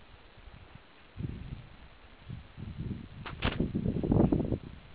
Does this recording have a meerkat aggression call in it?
no